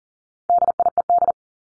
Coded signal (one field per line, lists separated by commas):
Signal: Morse code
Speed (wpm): 40 wpm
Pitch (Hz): 700 Hz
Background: none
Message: DIED